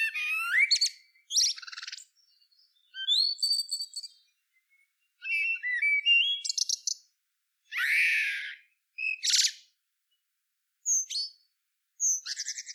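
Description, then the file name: Common blackbird song: fluty whistles mixed with harsh, squawky bursts and high twittering notes, delivered in short phrases with brief gaps. "Turdus merula"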